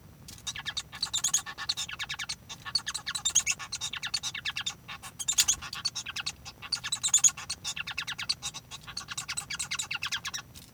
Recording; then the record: song of a male Bengalese finch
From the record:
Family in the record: son of father 1